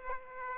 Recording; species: mosquito wingbeat signal from an infrared sensor; Aedes aegypti